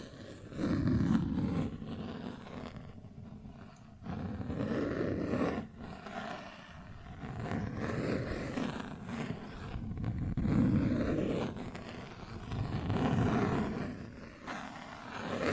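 Plastic objects are scratched and rubbed in a continuous, busy texture, with repeated swells of dense, low scraping every couple of seconds, near 1, 4.5, 7.5, 10.5 and 13 seconds. Brief sharp taps and clicks break in between, and the sound rarely drops into quiet.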